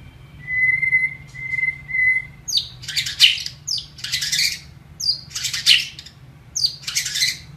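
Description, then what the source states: White-rumped shama singing three even, level whistles, then several loud harsh rasping bursts, each led by a sharp high note; low hum underneath. Masteran training song.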